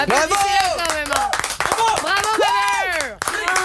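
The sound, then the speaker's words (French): A group claps steadily in applause, the quick sharp hand claps running through the whole stretch while loud voices whoop and cheer over them in rising and falling tones. “Et franchement, on peut l'applaudir quand même, les gars. Allez, bravo, on l'applaudit.”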